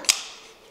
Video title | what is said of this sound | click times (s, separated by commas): Hinderer Project X: Dull Name, Sharp Knife! #HindererProjectXReview, #KnifeReview, #EDCKnives | clicks right in I mean it is it is amazing | 0.1 s